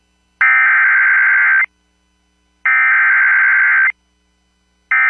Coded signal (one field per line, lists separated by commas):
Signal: Emergency Alert System (SAME) tones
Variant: header bursts